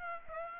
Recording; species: mosquito wingbeat signal from an infrared sensor; Aedes aegypti